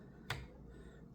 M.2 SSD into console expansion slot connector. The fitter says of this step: you'll hit you'll hear a click